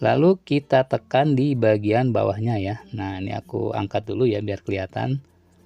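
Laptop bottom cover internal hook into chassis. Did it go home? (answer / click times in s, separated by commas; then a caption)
no / none. The plastic bottom cover of an SPC Style 5 laptop is being handled, set in place and about to be pressed down at its lower edge so its internal hook snaps into the chassis; the cover is only being fitted temporarily before the screws go in. Someone talks throughout, with no distinct click heard, and nothing has seated or clicked yet.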